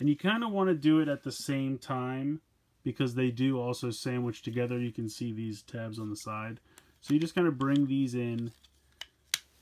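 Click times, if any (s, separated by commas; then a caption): 9.0 s, 9.3 s. Someone talks while bringing together the two plastic halves of a transforming action figure so that the tabs on their sides sandwich together. After the talk stops, two sharp clicks are heard at about 9.0 and 9.3 seconds as the panels snap and lock into place easily and snugly.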